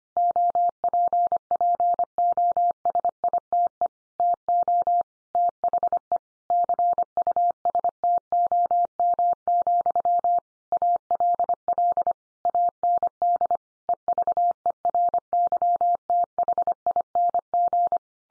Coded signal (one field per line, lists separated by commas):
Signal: Morse code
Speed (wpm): 25 wpm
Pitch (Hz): 700 Hz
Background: none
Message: OPPOSITE TO THE CUSTOM, ALL AND EVERYTHING